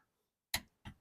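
A click-type torque wrench tightens the oil pan drain plug on an Impreza, giving a single sharp click at 0.5 s as it reaches its set torque. A softer second click follows near 0.9 s. The plug is fully torqued.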